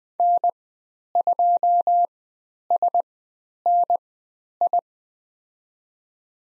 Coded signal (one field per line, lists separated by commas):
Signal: Morse code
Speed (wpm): 20 wpm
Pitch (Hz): 700 Hz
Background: none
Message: N2SNI